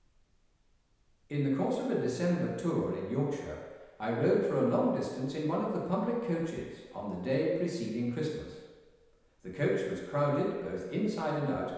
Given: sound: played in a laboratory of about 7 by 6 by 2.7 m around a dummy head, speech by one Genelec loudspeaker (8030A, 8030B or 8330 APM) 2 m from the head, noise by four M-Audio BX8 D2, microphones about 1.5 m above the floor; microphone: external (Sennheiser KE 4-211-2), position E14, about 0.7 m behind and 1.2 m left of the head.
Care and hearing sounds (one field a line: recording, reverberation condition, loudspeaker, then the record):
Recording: male speech in English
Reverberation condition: high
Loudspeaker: 60 degrees to the left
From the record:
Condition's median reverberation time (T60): about 1300 ms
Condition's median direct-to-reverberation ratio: about -4.0 dB